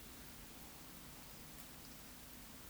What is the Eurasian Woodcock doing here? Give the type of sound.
whistle, croak